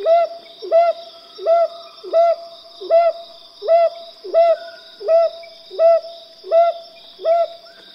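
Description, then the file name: Brown hawk-owl hooting: a steady series of mellow, upslurred hoo notes, repeated under a second apart, with a faint high insect drone behind. "褐鷹鴞"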